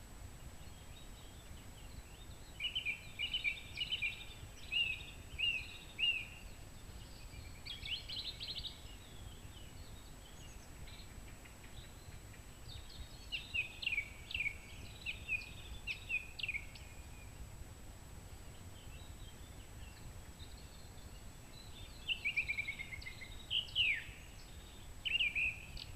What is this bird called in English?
Song Thrush